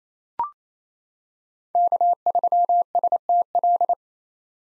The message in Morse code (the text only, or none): K3STL